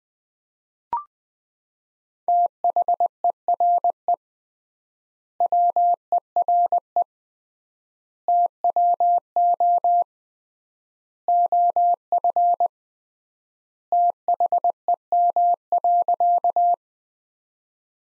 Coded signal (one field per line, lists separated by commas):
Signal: Morse code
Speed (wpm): 20 wpm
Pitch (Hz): 700 Hz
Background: none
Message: THERE WERE TWO OF THEM.